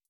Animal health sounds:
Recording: hydrophone in a shrimp aquaculture tank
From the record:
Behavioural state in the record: feeding

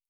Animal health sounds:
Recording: hydrophone in a shrimp aquaculture tank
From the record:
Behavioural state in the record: normal

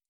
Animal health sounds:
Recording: hydrophone in a shrimp aquaculture tank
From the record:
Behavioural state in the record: stressed

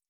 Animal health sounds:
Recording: hydrophone in a shrimp aquaculture tank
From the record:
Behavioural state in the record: stressed

